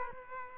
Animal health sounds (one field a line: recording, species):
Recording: mosquito wingbeat signal from an infrared sensor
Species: Aedes aegypti